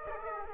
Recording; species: mosquito wingbeat signal from an infrared sensor; Aedes aegypti